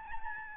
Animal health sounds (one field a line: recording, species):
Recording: mosquito wingbeat signal from an infrared sensor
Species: Aedes albopictus